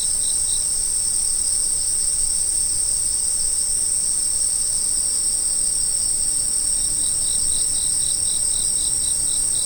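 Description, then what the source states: Insect chorus of unbroken shrill ringing, with short bursts of quick lower chirps at the start and a longer pulsed series near the end. Autumn insect sounds.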